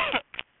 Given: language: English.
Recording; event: throat vibration sensor signal played as sound; cough